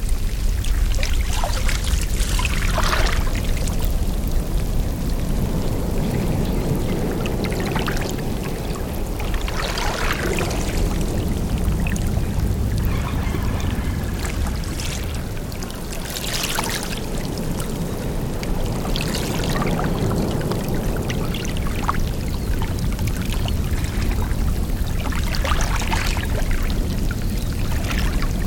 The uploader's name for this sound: INTERTIDAL • Life Between the Tides